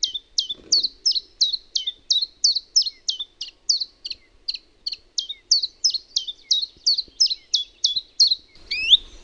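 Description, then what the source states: Common chiffchaff song: a steady run of about twenty sharp, high chipping notes alternating slightly in pitch, delivered evenly for nine seconds, ending with a brief rising note. Recordist's own recording made in Finland.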